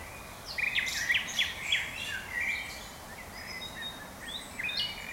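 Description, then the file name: Common nightingale giving a dense cluster of slurred whistles and chips, followed by softer, higher scattered notes against a low hiss. "Luscinia megarhynchos"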